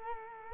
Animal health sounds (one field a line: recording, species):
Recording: mosquito wingbeat signal from an infrared sensor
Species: Culex quinquefasciatus